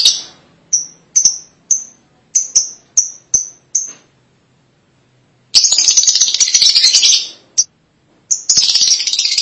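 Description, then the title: Lovebird calls: a string of clipped high chirps, a pause, then prolonged shrill, grating chatter in two bursts. "BM Suara Burung Lovebird"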